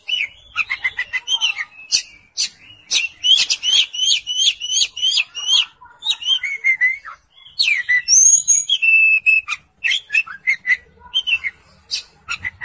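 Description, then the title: Oriental magpie-robin song, long fast sequence of repeated sharp chirps, trills and sweeping whistles. "Kacer"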